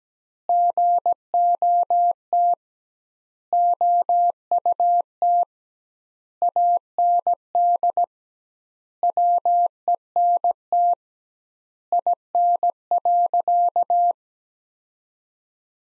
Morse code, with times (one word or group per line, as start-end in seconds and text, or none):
0.5-2.5 GOT
3.5-5.4 OUT
6.4-8.0 AND
9.0-10.9 WENT
11.9-14.1 IN.